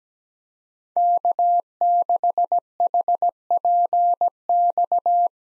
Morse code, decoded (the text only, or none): K6HPX